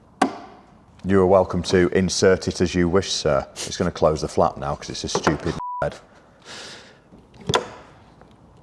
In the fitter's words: You can hear it click in. It's perfect.